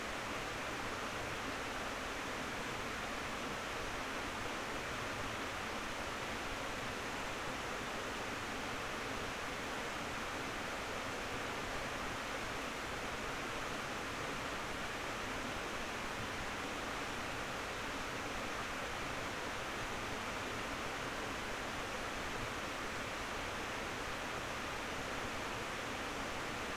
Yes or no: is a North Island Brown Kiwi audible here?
no